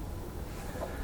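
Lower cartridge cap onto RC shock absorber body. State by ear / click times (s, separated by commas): not seated / none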